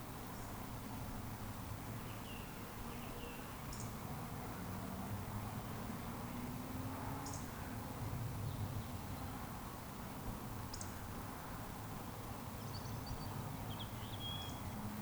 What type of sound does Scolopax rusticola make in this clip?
whistle